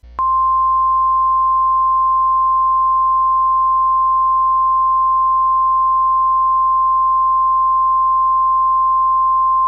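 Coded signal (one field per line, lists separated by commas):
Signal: Emergency Alert System (SAME) tones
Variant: 1050 Hz attention tone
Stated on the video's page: Fictional tornado outbreak EAS scenario, not a real alert.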